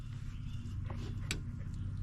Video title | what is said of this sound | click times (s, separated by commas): How to change break pads and rotors on dodge charger HELLCAT! | and get another click. | 1.3 s